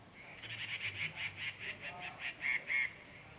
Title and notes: 545台灣南投縣埔里鎮成功里種瓜路113號. Dendrocitta formosae , Birds singing in the ground